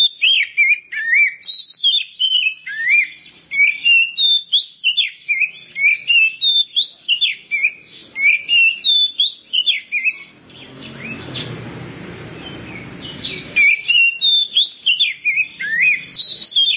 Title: Kacer